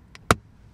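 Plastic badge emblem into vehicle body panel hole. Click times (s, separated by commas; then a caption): 0.3 s. A plastic badge emblem is lined up with its locating hole on a vehicle body panel and pushed down. A faint tick at 0.15 s precedes a sharp, loud snap at 0.3 s as its retaining clip seats. The emblem is confirmed clipped in place.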